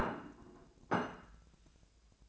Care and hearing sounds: daily activity, microphone in the room; place plate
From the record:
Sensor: 2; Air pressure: 1000.0 hPa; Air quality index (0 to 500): 133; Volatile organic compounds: 2 ppm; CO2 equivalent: 1138 ppm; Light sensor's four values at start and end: 24/60/25/28 and 23/59/25/27

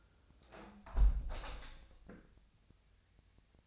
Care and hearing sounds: daily activity, microphone in the room; close window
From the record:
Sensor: 2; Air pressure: 1014.7 hPa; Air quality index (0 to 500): 27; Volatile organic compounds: 1 ppm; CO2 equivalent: 515 ppm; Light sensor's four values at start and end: 8/19/8/8 and 8/19/8/8

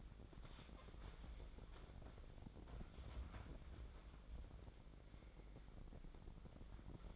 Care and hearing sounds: daily activity, microphone in the room; wipe stove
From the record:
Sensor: 5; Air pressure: 1012.4 hPa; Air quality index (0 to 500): 159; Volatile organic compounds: 2 ppm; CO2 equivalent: 1086 ppm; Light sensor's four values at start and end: 194/465/198/232 and 194/467/198/230

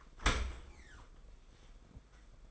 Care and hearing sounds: daily activity, microphone in the room; open dishwasher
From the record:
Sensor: 5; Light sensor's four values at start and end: 39/116/45/48 and 39/118/46/49

